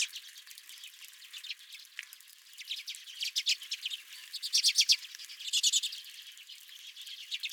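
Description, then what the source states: Redpoll flock chattering: quick dry notes in short rattling runs, strongest in the second half, with brief pauses between bursts. Several redpolls at the recordist's feeder.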